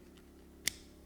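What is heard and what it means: A screwdriver bit is pushed into a bit holder and locks home with a single sharp click at 0.7 s. The rest of the clip is quiet low background hum, and the bit is confirmed seated.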